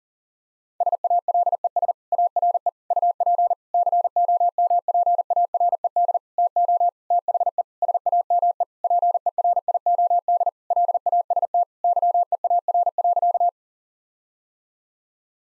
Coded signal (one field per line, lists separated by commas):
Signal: Morse code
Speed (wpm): 40 wpm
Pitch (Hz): 700 Hz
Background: none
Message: SALES ARE UP COMPARED TO THE SAME PERIOD LAST YEAR.